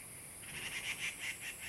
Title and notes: 545台灣南投縣埔里鎮成功里種瓜路113號. Dendrocitta formosae , Birds singing in the ground